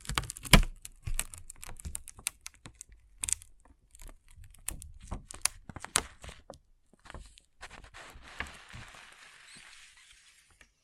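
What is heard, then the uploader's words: Small plastic pixel art beads click and tap in quick, irregular bursts, then pour into a soft, hissing rattle near the end. ASMR Relaxing Pixel Art Beads ( No Talking).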